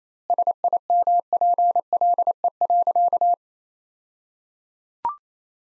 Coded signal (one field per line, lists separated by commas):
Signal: Morse code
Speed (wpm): 28 wpm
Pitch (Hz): 700 Hz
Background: none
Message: SIMPLE.